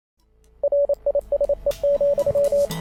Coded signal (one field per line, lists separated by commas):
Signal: Morse code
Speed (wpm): 28 wpm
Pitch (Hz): 570 Hz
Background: radio noise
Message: RISE,